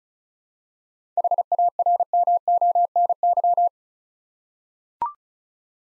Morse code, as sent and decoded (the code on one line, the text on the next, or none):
.... .- .-. -- --- -. -.--
HARMONY